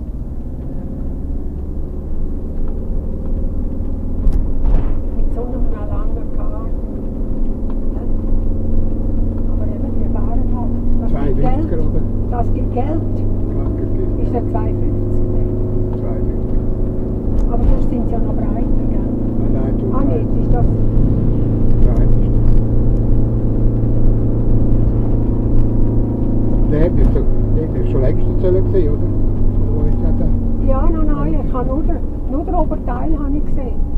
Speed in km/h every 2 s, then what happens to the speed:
24, 27, 29, 29, 31, 33, 35, 37, 38, 38, 40, 40, 40, 38, 35, 31, 24.
0-19 speeds up to 40. 19-27 steady at about 40. 27-34 slows to 24.